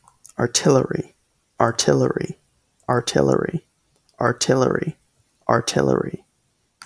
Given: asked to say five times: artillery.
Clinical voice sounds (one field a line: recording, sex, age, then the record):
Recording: repeated word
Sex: male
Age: 18 to 19 years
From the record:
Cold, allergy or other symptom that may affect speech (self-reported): no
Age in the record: 18 years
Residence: North Carolina, United States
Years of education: 12